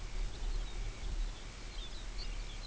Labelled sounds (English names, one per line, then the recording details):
Dunlin
Lapland Longspur
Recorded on Arctic tundra, site UTQI-5, on 24 June 2018
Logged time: 12:00